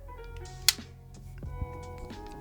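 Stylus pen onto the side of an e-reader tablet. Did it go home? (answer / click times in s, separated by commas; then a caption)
yes / 0.7 s. A stylus pen is put back onto the side of a Kindle Scribe e-reader tablet and seats with a sharp, satisfying click at 0.7 s over background music. Someone talks briefly afterward.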